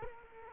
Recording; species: mosquito wingbeat signal from an infrared sensor; Culex quinquefasciatus